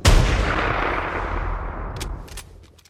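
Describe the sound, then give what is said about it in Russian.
A single loud gunshot, fired in the snow, cracks out, then booms into a long, deep rumbling tail that slowly fades, with a few faint, sharp clicks near the end. “Я выстрелил первым, но этого мне показалось мало, и я еще перекатился в сторону.”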